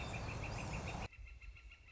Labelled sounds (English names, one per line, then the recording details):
Northern Flicker
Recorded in Sonoma County, California